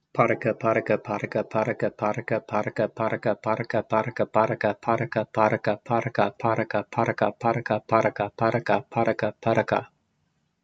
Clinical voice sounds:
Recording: repeated syllables /pa ta ka/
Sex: male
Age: 40 to 49 years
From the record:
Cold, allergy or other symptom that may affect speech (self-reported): no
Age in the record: 49 years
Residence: Illinois, United States

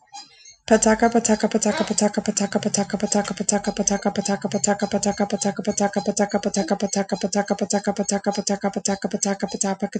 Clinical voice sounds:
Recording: repeated syllables /pa ta ka/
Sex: female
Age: 30 to 39 years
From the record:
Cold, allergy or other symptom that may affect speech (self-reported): no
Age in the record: 30 years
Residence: California, United States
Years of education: 13

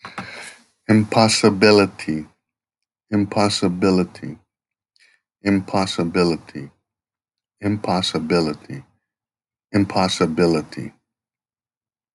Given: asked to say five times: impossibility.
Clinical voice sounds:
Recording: repeated word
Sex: male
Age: 50 to 59 years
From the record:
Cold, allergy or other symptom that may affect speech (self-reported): no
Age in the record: 56 years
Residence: Hawaii, United States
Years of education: 17

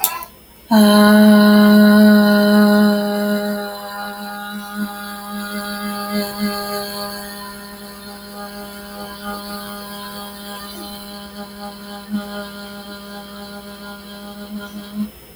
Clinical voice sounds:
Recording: vowel held as long as possible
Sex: female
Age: 20 to 29 years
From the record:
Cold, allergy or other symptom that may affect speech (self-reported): no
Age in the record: 24 years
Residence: Texas, United States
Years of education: 12

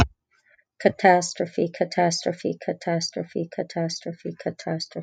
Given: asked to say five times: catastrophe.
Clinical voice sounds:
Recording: repeated word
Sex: female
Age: 40 to 49 years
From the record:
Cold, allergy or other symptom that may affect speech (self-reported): no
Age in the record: 48 years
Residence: Illinois, United States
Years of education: 13

